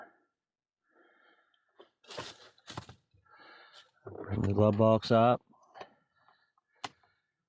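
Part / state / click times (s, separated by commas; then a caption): glove box into dashboard mounts / seated / 6.8 s. After the cabin air filter is replaced on a 2018 Chevrolet Colorado, the plastic glove box is raised and pushed back into its mounts in the dash while someone talks. Scattered handling rustles and taps lead up to a sharp snap at 6.8 s, and the glove box is seated back in place.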